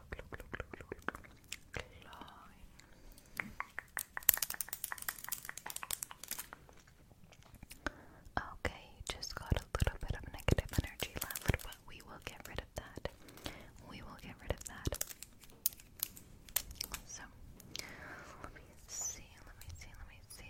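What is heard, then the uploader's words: Long nails scratch and rake, dense crackling strokes with sharp clicks scattered throughout and brief quieter gaps. ASMR - Scratching Raking Plucking away your Negative Energy (Extreme Long Nails Edition).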